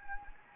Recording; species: mosquito wingbeat signal from an infrared sensor; Anopheles gambiae